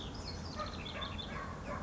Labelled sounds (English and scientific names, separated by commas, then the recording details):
House Wren (Troglodytes aedon)
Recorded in Sonoma County, California